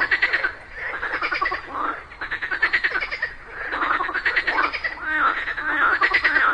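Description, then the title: Chorus of frogs giving buzzy pulsed croaks in quick overlapping bursts, loudness rising and dipping in waves. A group of frogs calling together in chorus just after daytime rain. "Just after it rained during the day, a group of frogs happily cooperated perfectly, creating a symphony of nature."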